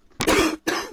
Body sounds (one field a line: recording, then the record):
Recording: coughing mixed with background sound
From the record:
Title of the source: 60 coughing still (deep and wet cough)